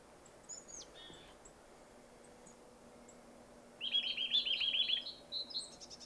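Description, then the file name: Eurasian nuthatch giving a quick run of rising notes after a few seconds of quiet with two thin high whistles, then scattered short chirps. "Sitta europaea"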